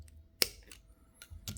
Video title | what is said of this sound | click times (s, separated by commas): Seimitsu Nobi Pro Lever Removable shaft Install Nacon daija | and once you hear that click that means you're good | 0.4 s